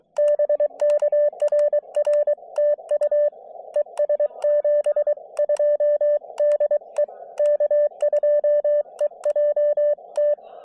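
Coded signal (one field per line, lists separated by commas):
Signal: Morse code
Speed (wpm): 23 wpm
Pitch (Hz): 590 Hz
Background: radio noise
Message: BK RR TU ES 72 DE K2EJT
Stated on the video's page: Morse from a POTA park activation at a mountain fire tower; slow start, improved after switching antennas.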